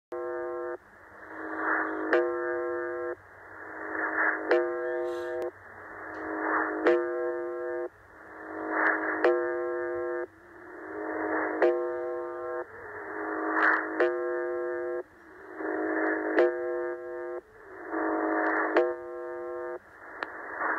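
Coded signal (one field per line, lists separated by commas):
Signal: channel marker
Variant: UVB-76 (The Buzzer)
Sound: short harsh buzzes repeating about 26 times a minute over hissy static, nine buzzes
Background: radio static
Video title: The Buzzer 4625khz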